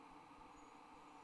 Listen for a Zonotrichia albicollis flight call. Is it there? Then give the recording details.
no. No flight call is heard. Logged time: 01:40 on 30 November 2014